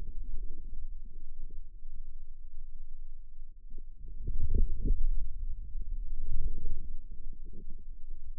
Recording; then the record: forearm muscle sounds (acoustic myography)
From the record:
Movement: outward rotation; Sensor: system 2, bracelet of six BSWA MPA416 microphones around the upper forearm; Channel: 2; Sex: male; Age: 22 years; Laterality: right